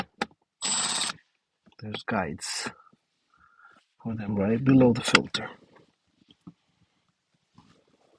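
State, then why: Not seated. A cabin air filter for a Mercedes S550 (W222) is handled at the car's filter housing, lined up with the plastic guides below the housing, while someone talks. A brief sharp tap comes near the start, followed by a burst of rustling noise. The filter has not yet been pushed home, and nothing has locked or clicked yet.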